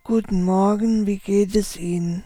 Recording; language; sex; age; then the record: spoken sentence; German; female; 50 to 59 years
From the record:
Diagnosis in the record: central laryngeal movement disorder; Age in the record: 52 years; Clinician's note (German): Verdacht auf zentrallaryngale Bewegungsstörung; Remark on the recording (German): NSP-Datei piepst ein wenig (außer bei im, am , um).